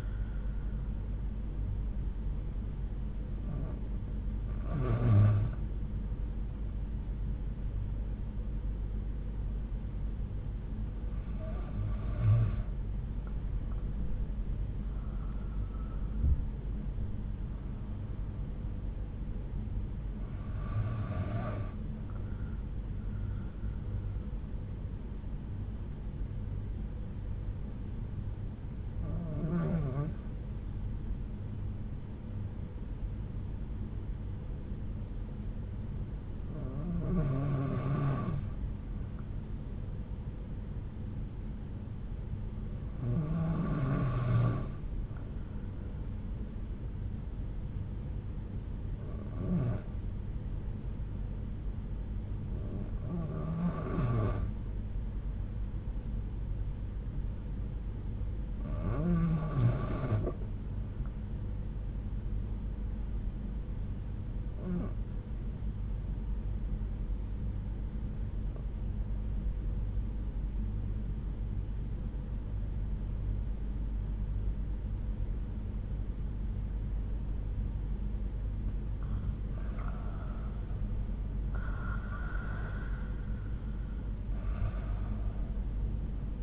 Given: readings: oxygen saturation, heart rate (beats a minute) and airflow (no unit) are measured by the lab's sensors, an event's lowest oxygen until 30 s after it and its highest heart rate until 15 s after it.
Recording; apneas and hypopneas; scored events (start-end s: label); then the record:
breathing in sleep by a smartphone at the bedside; 1
26.00-79.50 s: hypopnea (REM, oxygen 96% highest, then 85% lowest)
From the record:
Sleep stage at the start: REM sleep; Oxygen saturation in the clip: 89 to 96%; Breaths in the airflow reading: 13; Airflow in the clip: -7.3 to 9.8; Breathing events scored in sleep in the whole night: 368 in 8.0 hours asleep